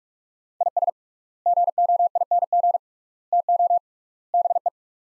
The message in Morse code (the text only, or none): IS GOING TO BE